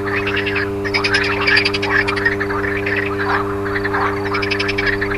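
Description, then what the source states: Frogs calling in a busy chorus of quick, pulsed rattling croaks, overlaid on a steady humming drone. Frogs recorded alongside a humming electrical transformer.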